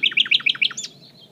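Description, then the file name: Common nightingale song: five loud, quickly repeated double notes ending in a down-slurred whistle and a fading trail. "Luscinia megarhynchos"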